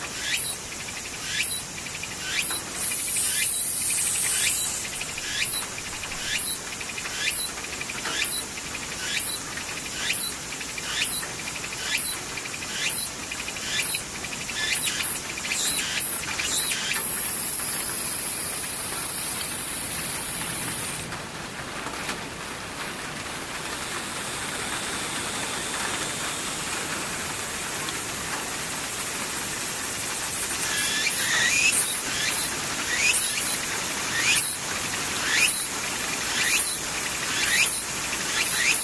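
A tsukutsuku-boshi cicada calls in rapid, regular pulses, shrill and high, through the first twenty seconds. Around the middle, a steadier insect hiss takes over before the pulsing returns near the thirty-second mark. A soft, constant low rumble runs underneath.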